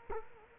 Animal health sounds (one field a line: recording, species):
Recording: mosquito wingbeat signal from an infrared sensor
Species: Culex quinquefasciatus